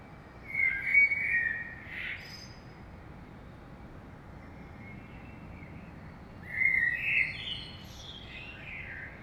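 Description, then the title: Common blackbird song: two warbled whistled phrases about six seconds apart, each closing in a higher squeaky twitter, with steady low background noise. In the morning in Saint-Gilles, Belgium; recorded with DPA 2006c microphones in AB into a Zoom F3. "Saint-Gilles, Belgique - Blackbird - Merle"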